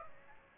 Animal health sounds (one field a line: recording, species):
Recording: mosquito wingbeat signal from an infrared sensor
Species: Aedes aegypti